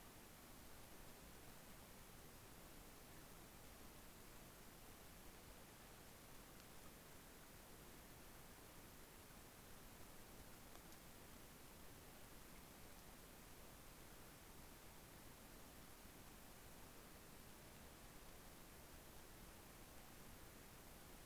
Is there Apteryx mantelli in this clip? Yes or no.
no